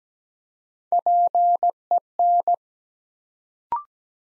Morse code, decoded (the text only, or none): PEN